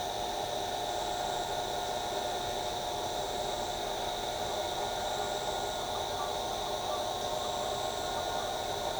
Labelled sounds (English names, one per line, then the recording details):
none
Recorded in shrubland near Pivijay, Magdalena, Colombia, on 15 April 2023 at 07:00
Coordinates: 10.453, -74.365
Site P5-G022